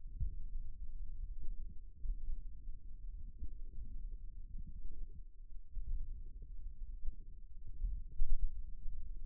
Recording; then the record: forearm muscle sounds (acoustic myography)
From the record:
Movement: tripod grip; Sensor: system 1, eight BSWA MPA416 microphones around the upper forearm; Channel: 8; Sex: male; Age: 54 years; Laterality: right